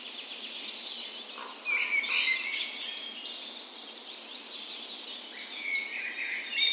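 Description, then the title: Birds in a morning chorus, several whistled and chattering phrases overlapping. Dawn chorus in a park west in Bergen, Norway, morning of 17 May, Norway's National Day, full spring; recorded with Sony PCM A10 and LOM Micro Usi microphones used as tree ears. "17th Of May Dawn Chorus"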